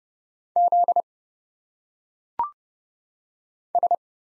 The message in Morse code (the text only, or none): Z S